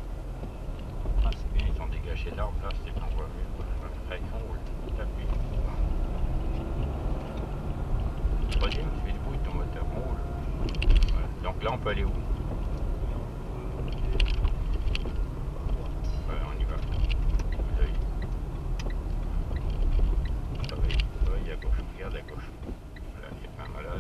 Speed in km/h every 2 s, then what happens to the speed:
23, 24, 31, 39, 36, 35, 37, 34, 33, 31, 27, 19.
0-5 speeds up to 39. 5-12 steady at about 36. 12-24 slows to 19.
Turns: none.